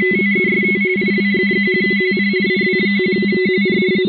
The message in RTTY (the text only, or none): TEST IW1QN IW1QN